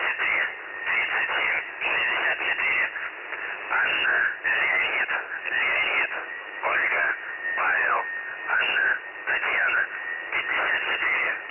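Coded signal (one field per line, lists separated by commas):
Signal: numbers station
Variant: UVB-76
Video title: The Buzzer/UVB-76 Voice Message (December 1, 2020 11:14 UTC)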